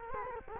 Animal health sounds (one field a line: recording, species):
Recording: mosquito wingbeat signal from an infrared sensor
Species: Culex quinquefasciatus